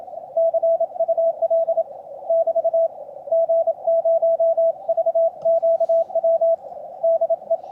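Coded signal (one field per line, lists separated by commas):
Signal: Morse code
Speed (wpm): 29 wpm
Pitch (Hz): 660 Hz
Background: none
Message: CUL <BT> G0VQW DE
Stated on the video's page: On-air CW contact testing a home-brew elevated vertical antenna with elevated tuned radials.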